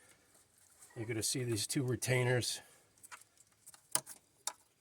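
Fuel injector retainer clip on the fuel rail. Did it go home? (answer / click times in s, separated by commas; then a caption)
yes / 3.9 s, 4.5 s. On a Jeep Patriot 2.4L, two retainer clips that hold the fuel injectors to the fuel rail are pushed back into position while someone talks. After the talking, faint handling sounds lead to two sharp snaps at 4.0 s and 4.5 s as the retainer clips seat in place.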